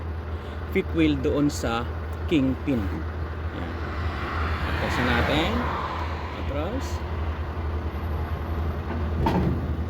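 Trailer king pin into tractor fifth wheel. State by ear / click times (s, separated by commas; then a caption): seated / 9.3 s. A tractor reverses under a trailer so the steel fifth wheel jaws close around the trailer's king pin, over a steady low engine rumble while someone talks. One loud metallic clunk at 9.3 s marks the coupling locking, and the king pin is seated in the fifth wheel.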